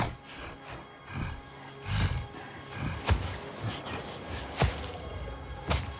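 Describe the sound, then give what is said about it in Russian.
The Hulk, baring his teeth, growls: a deep, rumbling growl that swells into a low roar, with several sharp thuds cutting through it over about six seconds. “Оскалившись, рычит.”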